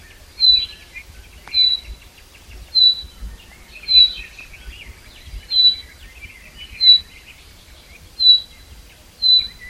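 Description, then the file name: Common chaffinch calling: a clear, high piping note repeated about once a second. "Fringilla coelebs"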